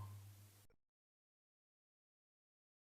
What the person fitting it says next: And although it hasn't clicked, it is in place.